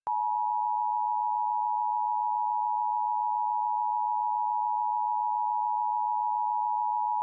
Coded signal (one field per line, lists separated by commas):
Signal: Emergency Alert System (SAME) tones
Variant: 853 and 960 Hz attention tone